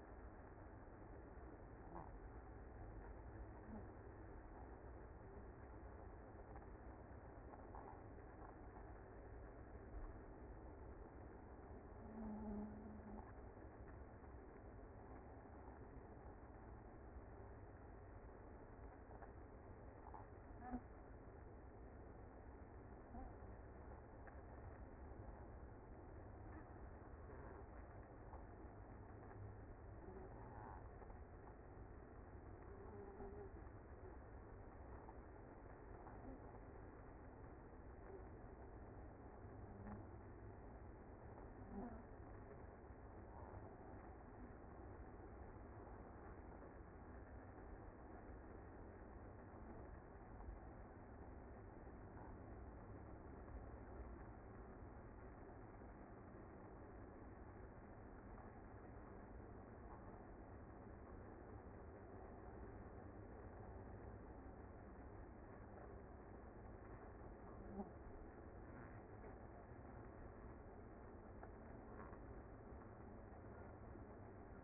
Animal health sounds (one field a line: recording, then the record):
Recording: honeybee colony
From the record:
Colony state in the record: active